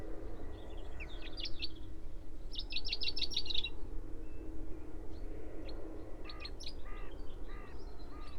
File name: Fringilla coelebs